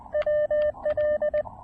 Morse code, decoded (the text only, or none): WL